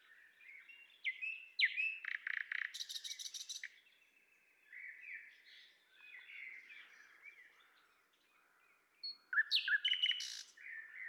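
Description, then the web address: Common nightingale singing: strong repeated chirps and a high rattling trill, a quieter warbled middle section, then another loud burst of rapid notes. "pub SETE data Luscinia megarhynchos"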